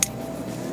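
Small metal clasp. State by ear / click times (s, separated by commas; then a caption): seated / 0.0 s. The metal fold-over deployant clasp of a steel Orient watch bracelet, with a button on each side, is refolded closed. A single sharp, bright click sounds at 0.0 s, followed by a faint, steady low hum. The clasp clicks shut into its locked position, so the lock is secured.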